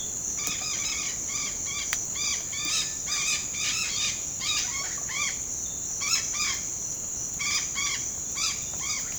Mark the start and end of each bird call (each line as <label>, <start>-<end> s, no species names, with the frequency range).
bird call (0.3-7.2 kHz), 0.32-5.34 s
bird call (0.8-7.8 kHz), 5.99-6.57 s
bird call (0.6-8.6 kHz), 7.38-9.03 s